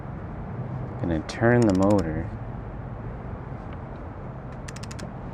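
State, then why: Released. Someone talks while the engine of a 2003-2008 Toyota Corolla S is turned by hand to release the plunger lock on the timing chain tensioner. A quiet mechanical background runs under it, then a quick burst of sharp ratcheting clicks begins at 4.7 s as the tensioner lock clicks free and is released.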